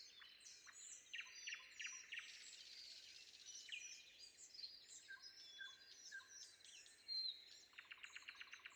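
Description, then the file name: Common nightingale song mixing whistles and chattering phrases, ending in a fast rattling series, with a dense bird chorus throughout. Recorded before dawn. "predawn nightingale"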